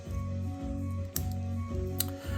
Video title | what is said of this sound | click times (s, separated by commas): Whisper and Storm Cloud Minicon two-pack - Transformers Tuesdays | wings back, and that'll kind of tab and click into place. | 1.2 s, 2.0 s